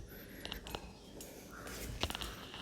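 A snap-on metal case back is pressed onto a watch case with a flat pressing block after an SR626SW battery change. Faint ticks are heard around 0.5 s, then a sharp snap at 2.0 s followed by a few small clicks. The case back is fully closed.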